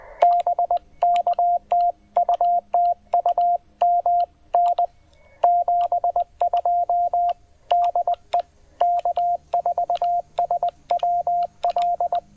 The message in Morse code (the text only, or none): BK TU TU MN 72 DE K4SWL